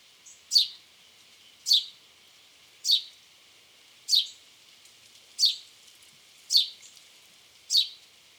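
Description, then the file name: House sparrow delivering seven rasping chirps in a steady series, about one every 1.2 seconds. "Passer domesticus"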